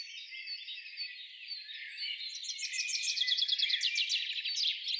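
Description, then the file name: Common chaffinch song, fairly faint: a quick series of repeated notes that gradually strengthens. "Fringilla coelebs"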